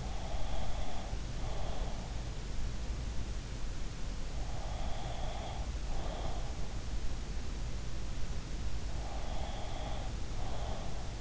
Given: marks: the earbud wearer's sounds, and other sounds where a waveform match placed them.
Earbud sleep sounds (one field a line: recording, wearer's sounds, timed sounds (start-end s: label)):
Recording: sounds in sleep by an in-ear microphone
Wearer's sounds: breath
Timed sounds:
0.00-2.22 s: breath
4.45-6.62 s: breath
8.91-11.21 s: breath